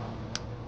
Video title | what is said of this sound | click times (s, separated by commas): 2011-2018 Mercedes CLS550 - Replace Front Brake Pads, Rotors, & Pad Wear Sensor - Girlie Garage | and you should hear a little click and then it's going to plug right back into here | 0.4 s